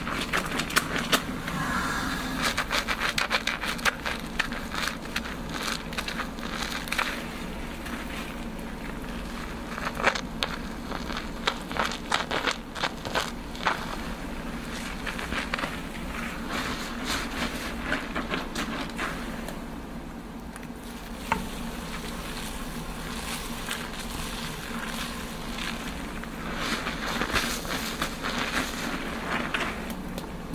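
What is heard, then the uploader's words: Hair being washed with shampoo during a scalp massage, a steady wet lathering and rubbing with frequent soft squishy crackles. A low constant hum runs underneath throughout, and the rubbing briefly eases around twenty seconds before picking up again. Gentle Shampoo and Massage. Today it's a shampoo, scalp massage, hair washing with no talking.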